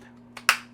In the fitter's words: push it down and it snaps into place